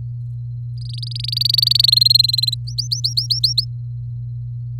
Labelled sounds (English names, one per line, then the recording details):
Domestic Canary song
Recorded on 4 May 2018 at 08:29
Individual llb16